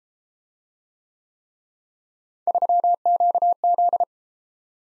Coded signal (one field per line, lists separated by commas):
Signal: Morse code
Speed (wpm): 33 wpm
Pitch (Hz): 700 Hz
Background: none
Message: 3QZ